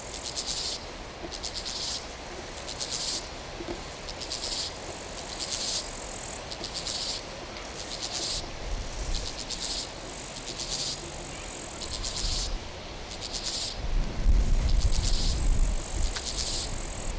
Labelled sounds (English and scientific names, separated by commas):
Steppe Grasshopper (Chorthippus dorsatus) stridulation